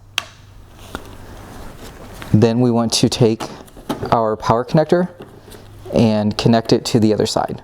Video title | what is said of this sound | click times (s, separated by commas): How to replace a 2012-2015 Tesla Model S Xenon Ballast and Bulb | and push it in place until it locks. | 0.2 s